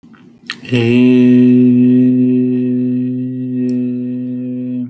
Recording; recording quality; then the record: sustained vowel as in made; excellent, no background noise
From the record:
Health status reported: healthy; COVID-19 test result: not tested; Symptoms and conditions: none ticked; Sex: male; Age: 27 years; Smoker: not ticked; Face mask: not worn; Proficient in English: no